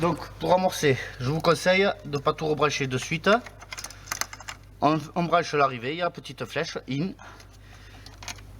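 On a Peugeot 407, someone talks while pushing the fuel inlet line's plastic quick-connect coupling toward the arrow-marked inlet of the diesel filter, to prime the system before reconnecting everything else. Short handling ticks are heard between 3.7 and 4.5 s and again around 8.1 to 8.3 s. Nothing has seated or clicked yet.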